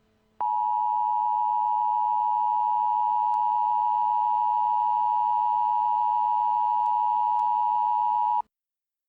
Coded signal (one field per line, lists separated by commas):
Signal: Emergency Alert System (SAME) tones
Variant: 853 and 960 Hz attention tone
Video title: EAS Scenario: The World of Flashpoint - The July Insurrection